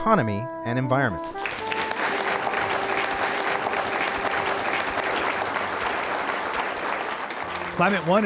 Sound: applause